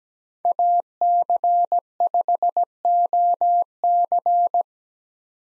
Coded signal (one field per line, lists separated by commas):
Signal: Morse code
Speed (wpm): 17 wpm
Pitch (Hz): 700 Hz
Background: none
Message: AC5OC